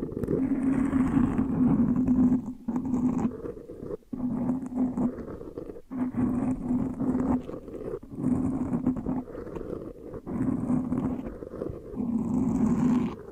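Hair being washed, brushed and massaged makes rough, rumbling scrubbing strokes that run for a second or two, with brief pauses between them.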